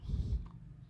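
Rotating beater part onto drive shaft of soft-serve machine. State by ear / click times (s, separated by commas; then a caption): seated / 0.5 s. A removable rotating beater part of a soft-serve machine is pushed onto the round section of the drive shaft and locks against the gearbox. Low rumbling handling noise comes first, then a short double click at 0.5 s and 0.5 s (0.46 s and 0.51 s). The beater part is seated and locked onto the drive shaft.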